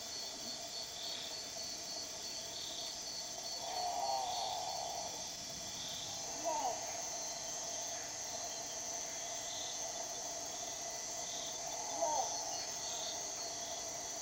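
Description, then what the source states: Great potoo giving about three moaning calls, some falling in pitch, over a steady high chorus of insects. Recorded on 26 March 2007.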